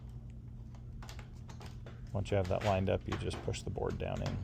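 A new control board for a Whirlpool, Maytag or Amana washer, being replaced because the washer constantly drains, has its tab guided into its mounting slot before the board is pushed down. Light tapping and handling sounds come at about 0.8, 1.0, 1.1, 1.2, 1.5 and 1.9 seconds, and someone talks from about 2.2 seconds on. The board has not snapped into place yet.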